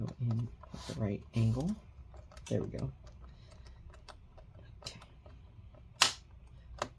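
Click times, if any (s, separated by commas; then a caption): 6.0 s. Someone talks briefly while a plastic clip-in panel is pressed down into the chassis of a Dell Inspiron 5501/5508 laptop. A few faint ticks follow, then a sharp snap at 6.0 s and a softer click near the end. The panel clips only partly in: the front clip has not quite clicked into place, so the panel has to be taken back out and clipped in again.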